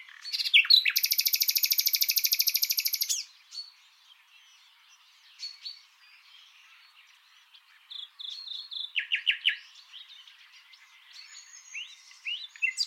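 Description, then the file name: Common nightingale song opening with a loud, rapid, even trill lasting nearly three seconds, followed by quieter scattered whistles and a short burst of repeated notes. "Luscinia megarhynchos"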